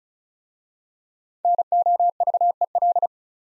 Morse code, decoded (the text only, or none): NOVEL